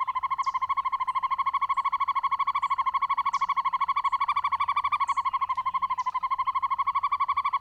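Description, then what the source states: Northern hawk-owl hooting: a long, fast, even trill of hollow notes running steadily throughout, with thin high chirps from other birds above. Hooting male, American hawk-owl form.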